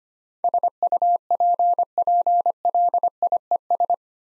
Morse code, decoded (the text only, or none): SUPPLIES